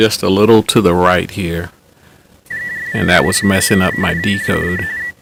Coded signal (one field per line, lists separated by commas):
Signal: RTTY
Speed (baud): 45.45 baud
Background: speech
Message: GJW N0GJW CQ